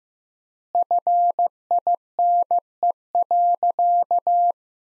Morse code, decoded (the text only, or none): FINE.